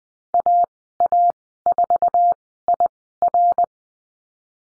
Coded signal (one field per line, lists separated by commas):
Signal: Morse code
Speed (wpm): 19 wpm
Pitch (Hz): 700 Hz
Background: none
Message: AA4IR